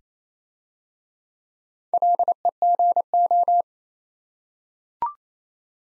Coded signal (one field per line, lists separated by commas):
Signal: Morse code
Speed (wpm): 27 wpm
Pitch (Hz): 700 Hz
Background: none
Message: LEGO